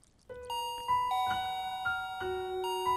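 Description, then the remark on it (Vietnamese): An electronic gate doorbell plays a short chime melody, several clear ringing tones stepping between pitches for about three seconds, steady and fairly loud with no voices. “Đón bọn tôi sau một tiếng chuông cổng là một người đàn ông chừng 40 tuổi, trâu ria xồm xàm, nhưng vẫn bật lên những nét điển trai.”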